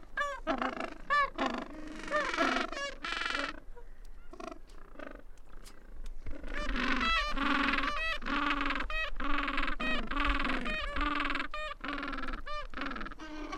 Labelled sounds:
Gentoo Penguin call

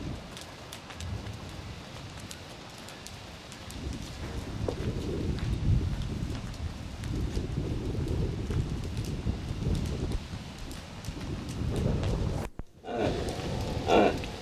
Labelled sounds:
Reindeer call

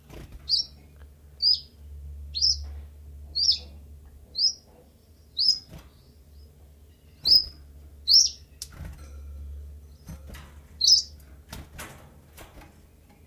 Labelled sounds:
Common Chiffchaff

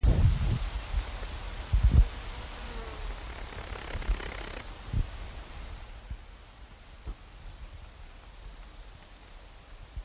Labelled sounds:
Upland Green Bush-cricket stridulation

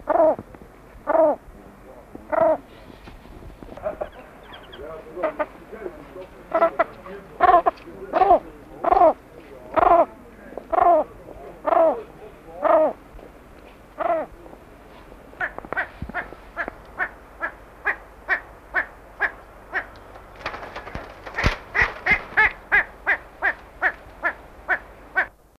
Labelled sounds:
Temminck's Tragopan call

